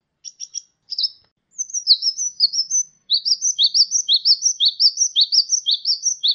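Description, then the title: Sunbird song: a few dry ticks, then a steady, rapid run of high, sharp chirps. "kicau kolibri"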